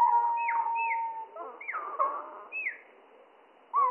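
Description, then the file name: Spotted flycatcher song, drawn out low: a long level tone, then a few downward-sliding swoops and a buzzy warble, fading to near quiet before one more note. Slowed down three octaves, mono. "GOBE MOUCHE GRIS MOINS TROIS OCTAVES MONO"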